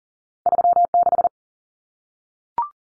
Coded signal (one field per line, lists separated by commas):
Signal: Morse code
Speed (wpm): 40 wpm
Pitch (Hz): 700 Hz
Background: none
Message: 36